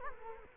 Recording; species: mosquito wingbeat signal from an infrared sensor; Culex quinquefasciatus